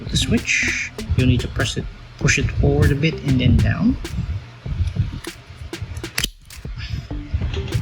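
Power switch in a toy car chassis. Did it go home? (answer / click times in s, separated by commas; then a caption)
yes / 6.2 s. The power switch on a plastic Tamiya Mini 4WD AR chassis (Cyclone Magnum) is pushed forward a bit and then down until it locks in the on position. Someone talks over music, then two sharp clicks come at 6.2 s and 6.2 s. The switch is locked on.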